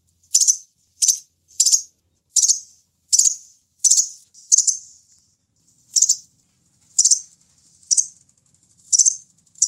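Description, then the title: Sunbird call series of crisp, high-pitched chirps, evenly spaced at first, then a little more widely spaced toward the end. "kicau kolibri"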